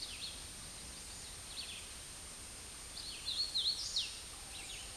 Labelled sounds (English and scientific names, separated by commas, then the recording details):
Hooded Warbler (Setophaga citrina) song
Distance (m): 30 m
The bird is about 5 m above the microphone
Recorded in a Pennsylvania forest on 16 May 2024 at 08:25
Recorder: AudioMoth, point MSD-0398
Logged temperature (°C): 16.4 °C
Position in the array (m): 171 m, 101 m